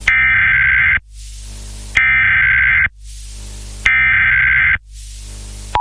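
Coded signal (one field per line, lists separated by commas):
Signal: Emergency Alert System (SAME) tones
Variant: header bursts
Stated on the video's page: Mock EAS alert; simulated tones.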